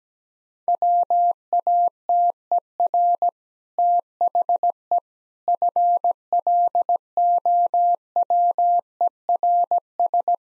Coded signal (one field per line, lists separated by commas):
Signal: Morse code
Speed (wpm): 17 wpm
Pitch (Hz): 700 Hz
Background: none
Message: WATER THE FLOWERS